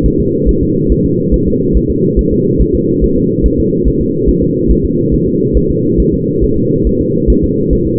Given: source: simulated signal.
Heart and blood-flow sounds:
fetal heart sounds
0.06 s: S1
0.20 s: S2
0.49 s: S1
0.63 s: S2
0.92 s: S1
1.06 s: S2
1.34 s: S1
1.48 s: S2
1.77 s: S1
1.90 s: S2
2.19 s: S1
2.33 s: S2
2.62 s: S1
2.75 s: S2
3.04 s: S1
3.18 s: S2
3.46 s: S1
3.60 s: S2
3.88 s: S1
4.01 s: S2
4.29 s: S1
4.43 s: S2
4.71 s: S1
4.85 s: S2
5.14 s: S1
5.28 s: S2
5.57 s: S1
5.71 s: S2
6.00 s: S1
6.14 s: S2
6.44 s: S1
6.58 s: S2
6.87 s: S1
7.01 s: S2
7.30 s: S1
7.44 s: S2
7.73 s: S1
7.87 s: S2
From the record:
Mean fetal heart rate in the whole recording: 140 bpm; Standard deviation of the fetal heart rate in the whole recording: 2 bpm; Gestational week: 34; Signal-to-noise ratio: -11.2 dB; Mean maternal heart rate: 72 bpm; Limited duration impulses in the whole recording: present

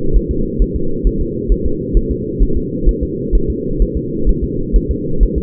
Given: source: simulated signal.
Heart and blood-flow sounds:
fetal heart sounds
0.16 s: S1
0.31 s: S2
0.62 s: S1
0.76 s: S2
1.07 s: S1
1.21 s: S2
1.52 s: S1
1.66 s: S2
1.97 s: S1
2.11 s: S2
2.43 s: S1
2.57 s: S2
2.89 s: S1
3.03 s: S2
3.35 s: S1
3.50 s: S2
3.82 s: S1
3.97 s: S2
4.29 s: S1
4.44 s: S2
4.76 s: S1
4.91 s: S2
5.23 s: S1
5.38 s: S2
From the record:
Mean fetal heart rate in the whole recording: 130 bpm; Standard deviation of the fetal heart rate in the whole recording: 2 bpm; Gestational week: 36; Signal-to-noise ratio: -8.1 dB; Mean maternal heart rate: 72 bpm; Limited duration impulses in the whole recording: absent

